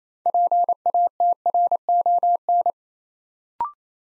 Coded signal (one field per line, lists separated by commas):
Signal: Morse code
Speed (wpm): 27 wpm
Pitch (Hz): 700 Hz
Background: none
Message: PATRON